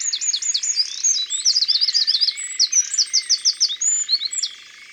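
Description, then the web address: Eurasian wren song, a vigorous stream of sharp high notes and rattling trills for about four and a half seconds, then quiet. "Troglodyte mignon. abc de la nature"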